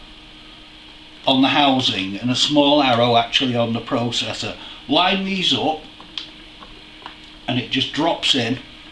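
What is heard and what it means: Someone talks while handling a processor at the CPU socket of a motherboard, lining it up to drop in before the metal retention lever is pushed down. Two brief, faint knocks occur at about 6.2 and 7.1 seconds. Nothing has seated or clicked yet.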